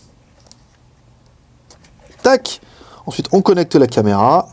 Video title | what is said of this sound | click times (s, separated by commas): Drone camera HD WLtoys V666 Test video | donc elle se clipse plutôt bien ici on connecte là tac | 0.5 s